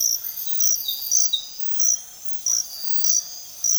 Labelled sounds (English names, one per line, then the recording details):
Russet-backed Oropendola
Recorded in dense forest near Puerto Asís, Putumayo, Colombia, on 21 February 2024 at 06:00
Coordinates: 0.502, -76.326
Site G6460